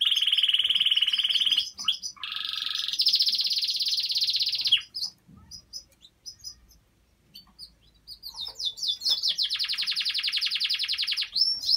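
Domestic canary song: long rolling trills at different pitches, a pause of soft twitters, then another long loud trill.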